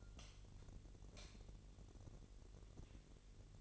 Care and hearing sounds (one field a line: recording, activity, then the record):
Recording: daily activity, microphone in the room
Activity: light on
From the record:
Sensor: 4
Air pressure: 1012.7 hPa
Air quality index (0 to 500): 249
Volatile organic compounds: 4 ppm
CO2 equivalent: 1692 ppm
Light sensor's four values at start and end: 14/32/13/13 and 16/42/17/18